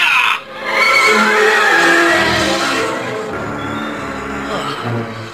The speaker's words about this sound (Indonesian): Namun di saat itu juga terdengar suara pangeran Madukrama menjerit, disertai terlemparnya tubuh pangeran itu ke tanah.